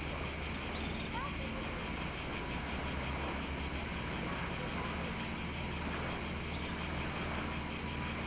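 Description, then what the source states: Cicadas singing: an unbroken, high, hissing drone that holds steady throughout, with a low rumbling hum underneath. Several cicadas at Vourvourou, Sithonia, Greece.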